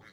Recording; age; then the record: pig call; piglet (1 to 25 days)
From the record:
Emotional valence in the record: positive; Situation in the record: reunion after long isolation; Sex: female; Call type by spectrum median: low-frequency call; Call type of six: low-frequency tonal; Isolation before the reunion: 8 minutes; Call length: 0.12 s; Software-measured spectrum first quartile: 460 Hz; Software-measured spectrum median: 1390 Hz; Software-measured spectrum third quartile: 2180 Hz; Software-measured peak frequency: 118 Hz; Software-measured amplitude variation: 71 dB a second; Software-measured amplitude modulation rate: 12.0 a second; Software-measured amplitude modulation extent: 6.0 dB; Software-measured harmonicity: -0.3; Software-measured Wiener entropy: -0.71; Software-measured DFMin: 581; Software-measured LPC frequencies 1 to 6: 1540, 2039, 3393, 3968, 5673, 6131 Hz